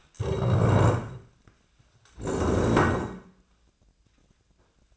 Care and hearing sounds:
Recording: daily activity, microphone in the room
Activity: stand up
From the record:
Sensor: 2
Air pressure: 1012.1 hPa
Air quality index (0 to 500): 158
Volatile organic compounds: 2 ppm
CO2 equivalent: 1161 ppm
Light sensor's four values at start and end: 70/159/75/92 and 39/97/42/48

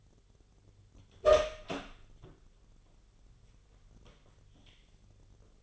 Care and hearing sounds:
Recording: daily activity, microphone in the room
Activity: open door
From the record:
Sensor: 4

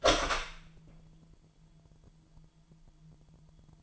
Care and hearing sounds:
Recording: daily activity, microphone in the room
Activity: open door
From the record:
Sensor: 5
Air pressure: 998.5 hPa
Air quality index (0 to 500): 81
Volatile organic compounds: 1 ppm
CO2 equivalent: 920 ppm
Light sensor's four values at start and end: 34/83/34/38 and 34/84/35/38

